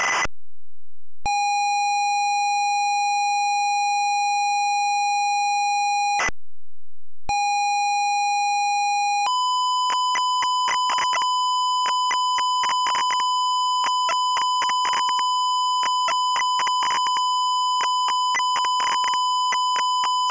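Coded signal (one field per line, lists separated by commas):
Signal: ZX Spectrum tape loading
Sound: buzzy steady lead tone, short chirp, pause, second lead tone, then harsh rapid crackling buzz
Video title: Z23 - Crash 747 + ZX Spectrum Loading Screen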